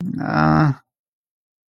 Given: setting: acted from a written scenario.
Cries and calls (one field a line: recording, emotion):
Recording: vocal sound without words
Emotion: shame